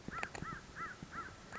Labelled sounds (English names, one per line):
American Crow